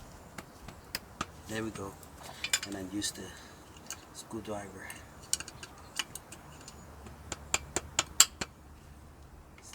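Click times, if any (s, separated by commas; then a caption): 8.2 s. A steel snap ring (retaining clip) is pressed with a screwdriver into the groove of a U-joint bearing cup in the driveshaft yoke of a 1998 Toyota Tacoma 2WD. Someone talks while sharp metallic ticks and clinks come through. The ring snaps into its groove and seats at 8.2 s with the loudest, crispest click.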